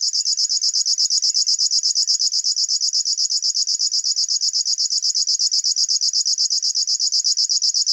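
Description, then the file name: River warbler song, a constant high, insect-like pulsing buzz with a regular rhythm throughout. "Schlagschwirl - Locustella fluviatilis"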